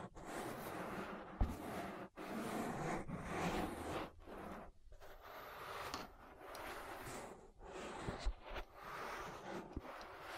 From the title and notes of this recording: ASMR Relaxing Ear Massage. (No Talking).